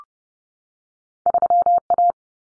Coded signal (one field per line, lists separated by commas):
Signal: Morse code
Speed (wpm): 30 wpm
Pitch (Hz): 700 Hz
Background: none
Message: 3A